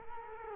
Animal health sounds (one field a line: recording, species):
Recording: mosquito wingbeat signal from an infrared sensor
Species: Culex quinquefasciatus